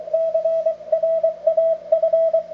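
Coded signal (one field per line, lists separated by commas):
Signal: Morse code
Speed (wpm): 24 wpm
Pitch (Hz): 650 Hz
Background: radio noise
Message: CRAF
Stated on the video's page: CW contact using a vintage Collins 32V2 transmitter and 75A4 receiver.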